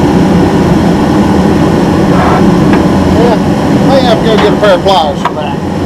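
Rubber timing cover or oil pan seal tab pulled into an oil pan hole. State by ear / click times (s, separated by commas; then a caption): not seated / none. Someone talks over a steady low hum and rumble while the rubber timing cover or oil pan seal tab on a 1984 Ford truck is handled beside a small hole in the oil pan, to be pulled down from the back side with pliers until it snaps into place. Nothing has seated or clicked yet.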